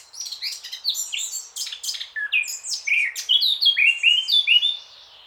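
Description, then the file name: Eurasian blackcap song: a fast scratchy warble of high chattering notes, ending in a run of clearer, fluty whistled phrases. "Sylvia atricapilla"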